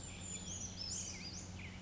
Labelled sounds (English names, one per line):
Brown Creeper